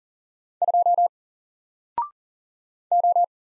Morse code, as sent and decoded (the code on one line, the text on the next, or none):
..--- / ---
2 O